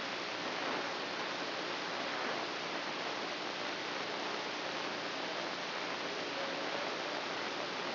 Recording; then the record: brain microelectrode recording played as sound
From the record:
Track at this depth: inside the subthalamic nucleus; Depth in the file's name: 1.927 mm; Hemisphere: right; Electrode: 3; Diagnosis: Parkinson's disease